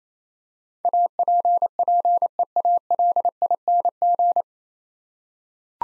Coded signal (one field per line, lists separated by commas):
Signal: Morse code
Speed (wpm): 27 wpm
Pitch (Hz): 700 Hz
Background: none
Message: APPEALING